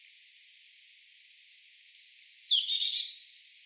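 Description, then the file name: Marsh tit giving two brief high chips, then a loud sharp note running into a short buzzy chatter. "Poecile palustris"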